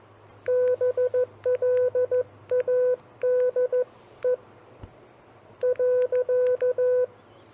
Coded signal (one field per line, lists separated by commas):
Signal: Morse code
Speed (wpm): 14 wpm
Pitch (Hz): 500 Hz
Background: none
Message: BLADE .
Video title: 5 Common Phrases for CW Copy Practice